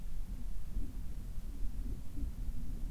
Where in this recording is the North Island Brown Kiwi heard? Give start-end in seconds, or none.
none